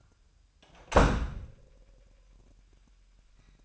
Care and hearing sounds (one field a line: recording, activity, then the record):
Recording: daily activity, microphone in the room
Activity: close door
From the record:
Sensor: 2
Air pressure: 998.3 hPa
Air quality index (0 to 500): 140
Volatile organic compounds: 4 ppm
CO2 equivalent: 1590 ppm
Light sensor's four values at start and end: 12/34/14/13 and 12/34/14/13